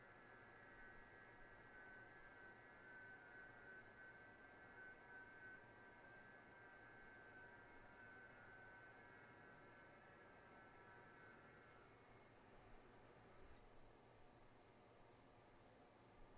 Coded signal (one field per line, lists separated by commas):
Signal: FT8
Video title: Alpha HOA Buster Gutter Antenna - Come QSO me on FT8